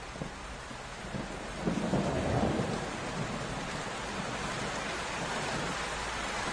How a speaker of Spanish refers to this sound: Se escuchan truenos. Y estalla una tormenta. Una lluvia interminable. Rayos.